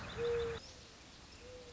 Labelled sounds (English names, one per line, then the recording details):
Mourning Dove
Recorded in Sonoma County, California